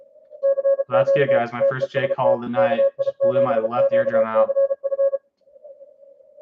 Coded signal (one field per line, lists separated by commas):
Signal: Morse code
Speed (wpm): 34 wpm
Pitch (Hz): 550 Hz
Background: speech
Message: CQ TEST KI7QCF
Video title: ARRL Inter. DX Contest, CW Final Day